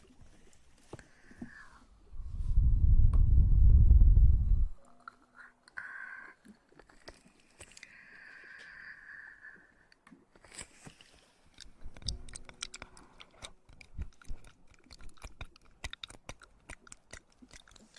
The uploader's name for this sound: Ear eating